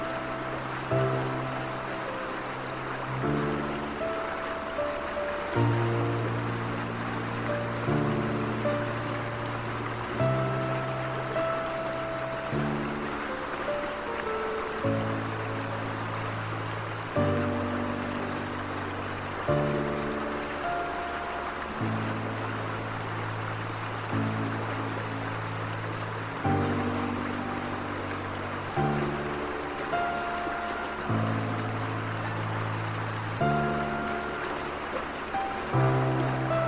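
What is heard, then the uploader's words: Soft piano plays slow, sustained chords that change every two to three seconds, with low bass notes and a few higher melody notes on top. Behind the music, a steady, even rush of river water runs throughout, filling the upper range without pause. Calming Piano Music with a River Stream. The piano's notes, as I gently press the keys, blend seamlessly with the flowing water. The river, in response, provides a gentle percussion with its babbling currents, a rhythmic heartbeat that keeps the music in perfect time.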